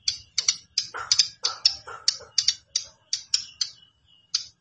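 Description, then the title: Plain prinia song of high, snapping tick notes in quick succession, mixed with a few lower buzzy notes early on. "Ciblek Sawah"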